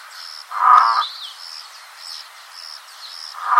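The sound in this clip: Spoonbill harsh call, a loud rasping burst near the start and another at the end, with a high pulsing insect tone behind.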